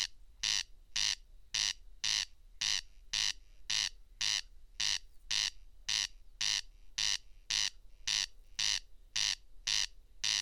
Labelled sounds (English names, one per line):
Corn Crake song